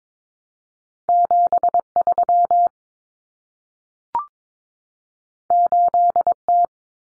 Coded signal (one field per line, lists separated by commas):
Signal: Morse code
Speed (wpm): 22 wpm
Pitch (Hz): 700 Hz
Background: none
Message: 73 8T